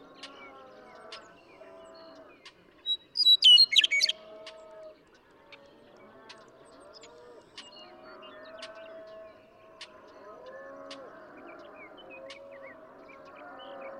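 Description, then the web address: Western meadowlark song: one short burst of fluty, gurgling notes midway through, with a low droning hum and faint clicks through the rest. "birdsongforthecurious songs Western Meadowlark"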